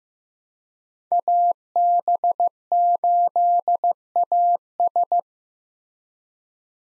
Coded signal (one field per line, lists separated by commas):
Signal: Morse code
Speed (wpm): 15 wpm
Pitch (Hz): 700 Hz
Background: none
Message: AB8AS